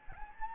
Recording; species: mosquito wingbeat signal from an infrared sensor; Anopheles gambiae